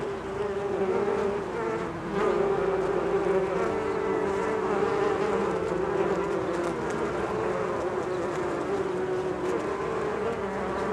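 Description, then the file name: Bees in a continuous mass buzz, an even low hum that grows slightly louder after about two seconds and holds steady to the end. "benboncan bees"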